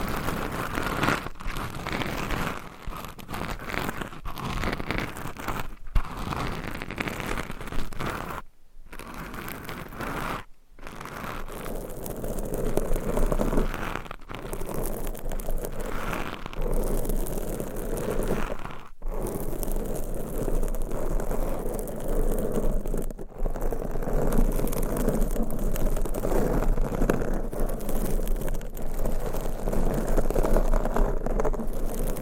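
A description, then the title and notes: Dense scratching and crinkling on a microphone, with nails rasping steadily, broken by brief silent gaps near eight, ten and nineteen seconds. ASMR Mic Scratching - Brain Scratching with 6 Mics Asmr No Talking for Sleep with Long Nails.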